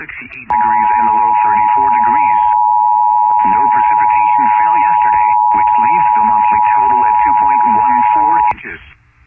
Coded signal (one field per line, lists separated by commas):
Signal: Emergency Alert System (SAME) tones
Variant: 853 and 960 Hz attention tone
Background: speech